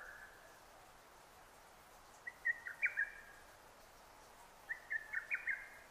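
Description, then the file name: Lesser cuckoo song: two loud, jerky phrases of five or six clipped whistled notes, roughly two and a half seconds apart. Recorded 6 June 2009. "hototogisu-20090606"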